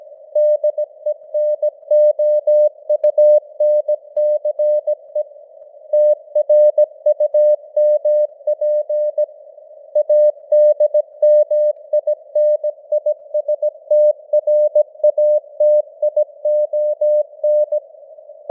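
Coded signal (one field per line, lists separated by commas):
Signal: Morse code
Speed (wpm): 17 wpm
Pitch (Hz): 600 Hz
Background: none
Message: DENOUNCE TRUMP ADMINISTRATION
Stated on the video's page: Simulated Morse news headlines at 17 wpm with simulated radio noise and fading (QSB); experimental.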